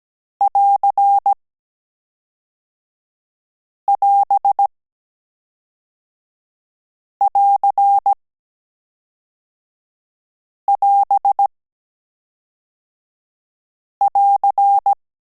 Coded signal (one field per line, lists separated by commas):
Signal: Morse code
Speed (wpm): 17 wpm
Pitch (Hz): 800 Hz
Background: none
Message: <AR><AS><AR><AS><AR>